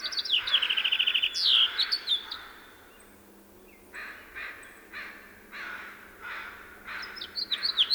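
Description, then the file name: House finch song: a rapid twittering phrase with a fast buzzy trill and sharp slurred notes, then softer repeated rough notes before another brief warbled burst. "John Neville - House Finch"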